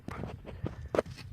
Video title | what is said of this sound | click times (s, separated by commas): Dodge Ram 1500 Check Engine P0520 | then you could hear a little clicking sound. So it means it's already out. | 1.0 s